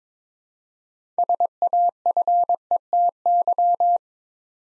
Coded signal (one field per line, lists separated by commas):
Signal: Morse code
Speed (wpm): 22 wpm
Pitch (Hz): 700 Hz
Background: none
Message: SAFETY